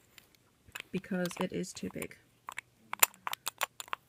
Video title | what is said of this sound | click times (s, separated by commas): How to spot fake MAC (eyeshadow & lipstick) | as you can see there swivel around won't click that one is far too big | none